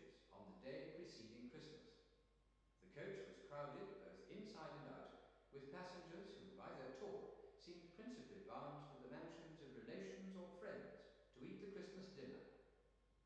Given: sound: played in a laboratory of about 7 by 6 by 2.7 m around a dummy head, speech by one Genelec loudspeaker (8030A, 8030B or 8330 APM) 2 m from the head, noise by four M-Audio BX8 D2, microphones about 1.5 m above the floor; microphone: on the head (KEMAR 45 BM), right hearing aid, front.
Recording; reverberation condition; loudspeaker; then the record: male speech in English; high; 90 degrees to the left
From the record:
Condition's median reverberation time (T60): about 1300 ms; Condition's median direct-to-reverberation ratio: about -4.0 dB